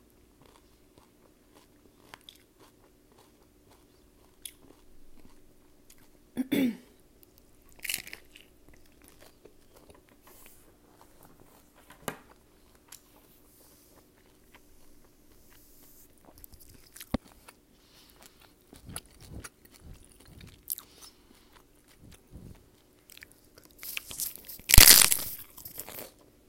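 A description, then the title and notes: Sounds of someone eating hard tacos: scattered crisp bites and soft chewing separated by near silence, with a faint low hum underneath. Crunches come around six to eight seconds, cluster after nineteen, and the loudest, sharpest bite lands near twenty-five seconds. ASMR Hard Tacos relax and eat with me while I eat.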